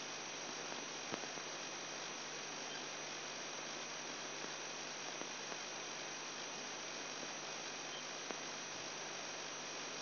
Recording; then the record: brain microelectrode recording played as sound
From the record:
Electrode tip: outside the subthalamic nucleus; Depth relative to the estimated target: -6 mm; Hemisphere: right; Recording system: AlphaMap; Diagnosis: Parkinson's disease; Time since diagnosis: 10 years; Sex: male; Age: 58 years